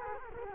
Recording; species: mosquito wingbeat signal from an infrared sensor; Culex quinquefasciatus